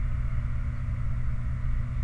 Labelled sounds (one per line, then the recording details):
truck
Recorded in the Prudhoe Bay oil fields, Alaska, on 29 July 2019 at 03:34
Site 29